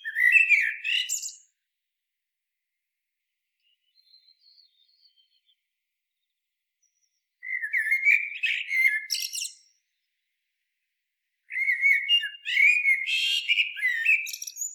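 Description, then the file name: Eurasian blackbird song, three rich fluted phrases with shrill twittering; a few faint soft notes sound in a long pause. "Turdus merula"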